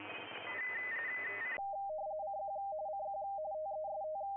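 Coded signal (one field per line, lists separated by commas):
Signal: RTTY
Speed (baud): 45.45 baud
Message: CQ CQ TEST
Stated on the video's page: Live CQ WW RTTY contest operation.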